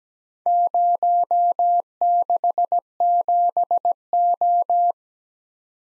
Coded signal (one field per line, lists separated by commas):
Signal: Morse code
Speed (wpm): 17 wpm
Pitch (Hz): 700 Hz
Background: none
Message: 067O